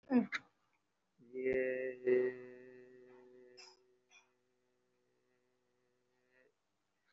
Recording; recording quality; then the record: sustained vowel as in made; moderate, slight background noise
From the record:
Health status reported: recovered from COVID-19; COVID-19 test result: positive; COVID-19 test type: RT-PCR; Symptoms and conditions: cold, asthma, another condition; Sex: male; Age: 19 years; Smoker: no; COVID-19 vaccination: one dose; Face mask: worn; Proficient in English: yes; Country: India